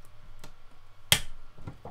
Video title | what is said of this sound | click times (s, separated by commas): Unboxing of IIyama Prolite E2473HDS | so there you go it just snaps into snaps into place | 1.1 s